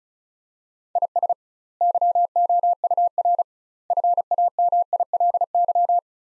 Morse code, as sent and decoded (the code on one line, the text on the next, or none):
.. ... / -.-- --- ..- .-. / ..-. .- -- .. .-.. -.--
IS YOUR FAMILY